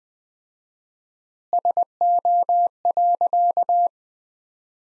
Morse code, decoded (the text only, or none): SO.